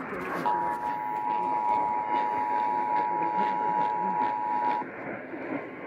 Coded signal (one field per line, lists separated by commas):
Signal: Emergency Alert System (SAME) tones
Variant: 853 and 960 Hz attention tone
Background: speech